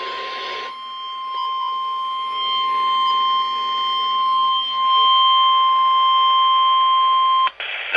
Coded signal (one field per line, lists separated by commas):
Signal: Emergency Alert System (SAME) tones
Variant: 1050 Hz attention tone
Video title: Weatheradio Canada Monthly/Weekly Tests 8/5/20 EAS #437 - 439